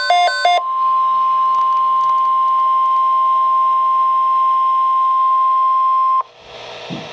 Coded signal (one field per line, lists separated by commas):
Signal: Emergency Alert System (SAME) tones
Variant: 1050 Hz attention tone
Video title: Flood Watch (EAS #341)